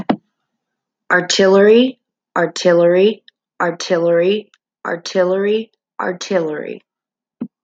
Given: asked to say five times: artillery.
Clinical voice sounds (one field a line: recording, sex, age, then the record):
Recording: repeated word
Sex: female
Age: 30 to 39 years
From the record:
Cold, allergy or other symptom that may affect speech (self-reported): no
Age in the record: 35 years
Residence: Nebraska, United States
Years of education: 12